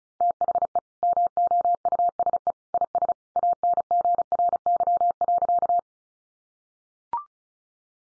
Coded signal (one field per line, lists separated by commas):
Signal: Morse code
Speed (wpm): 34 wpm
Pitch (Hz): 700 Hz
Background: none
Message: THE MOUSE IS ANGRY.